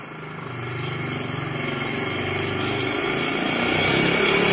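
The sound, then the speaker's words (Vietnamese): A motorbike engine hums steadily, growing gradually louder over several seconds into a rough, continuous drone with a low, throbbing rumble and no voices, as a man rides home on it and turns into the yard. “Cô chưa ra tới lộ thì thầy Bình cởi xe máy về tới.”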